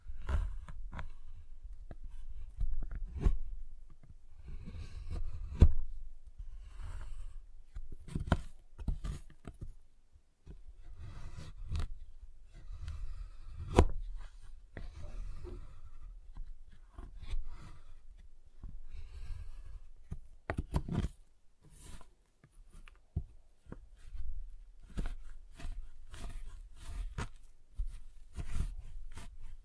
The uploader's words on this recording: ASMR Giant Chocolate Bar Tapping, Cutting, Snapping Sounds (No Talking).